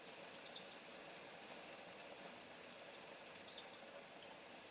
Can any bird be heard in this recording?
yes